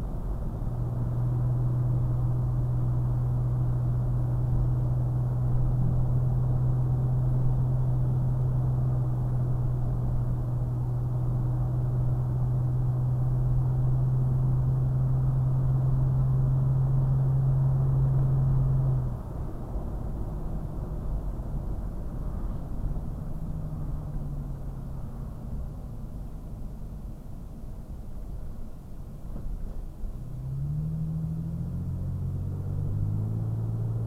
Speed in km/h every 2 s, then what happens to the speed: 66, 66, 66, 68, 66, 66, 69, 71, 69, 63, 55, 47, 40, 34, 31, 32, 37.
0-15 steady at about 66. 15-27 slows to 31. 29-34 speeds up to 37.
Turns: none.